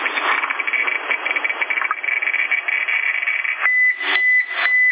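A Geiger counter in a YouTube video, detecting radiation, crackles with dense static, then its alarm cuts in as a steady high-pitched beep over rhythmic pulsing bursts, loud and with no voices.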